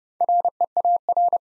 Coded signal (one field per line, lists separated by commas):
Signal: Morse code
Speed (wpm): 30 wpm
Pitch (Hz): 700 Hz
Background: none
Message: REAR